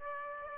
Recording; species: mosquito wingbeat signal from an infrared sensor; Aedes aegypti